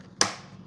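A plastic part is pressed down into a foam CNHL AviNationRC Horten Ho 229 Twin 35mm RC airplane assembly. A single sharp snap is heard at 0.2 seconds, followed by a quiet fade. The part pops into place and is seated.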